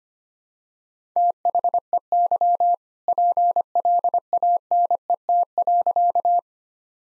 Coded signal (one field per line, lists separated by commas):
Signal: Morse code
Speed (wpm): 25 wpm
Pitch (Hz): 700 Hz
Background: none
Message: THEY PLANET.